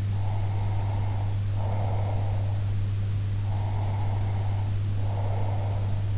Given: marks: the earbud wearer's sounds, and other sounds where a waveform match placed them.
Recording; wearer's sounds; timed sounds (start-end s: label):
sounds in sleep by an in-ear microphone; breath
0.22-2.65 s: breath
3.45-6.08 s: breath